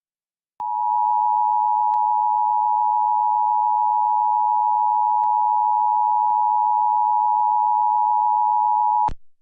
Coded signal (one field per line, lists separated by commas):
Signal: Emergency Alert System (SAME) tones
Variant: 853 and 960 Hz attention tone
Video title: EAS San Diego, CA TRW and LAE warnings prior to TS Hilary on KOGO AM (08/18-19/2023)